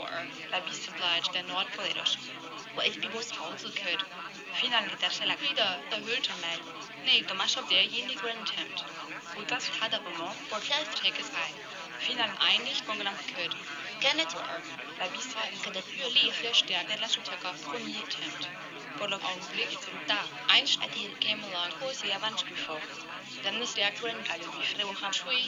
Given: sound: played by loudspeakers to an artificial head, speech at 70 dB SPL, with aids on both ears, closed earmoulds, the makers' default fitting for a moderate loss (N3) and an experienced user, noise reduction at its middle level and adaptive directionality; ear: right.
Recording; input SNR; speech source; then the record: speech test signal (ISTS) in cocktail-party noise; -3 dB; on the right (90 degrees)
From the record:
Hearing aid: class 1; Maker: G